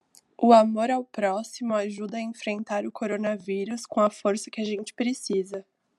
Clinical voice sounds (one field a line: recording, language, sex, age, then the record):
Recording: spoken sentence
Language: Brazilian Portuguese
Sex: female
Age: 20 to 29 years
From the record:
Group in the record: control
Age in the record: 22 years